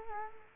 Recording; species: mosquito wingbeat signal from an infrared sensor; Culex quinquefasciatus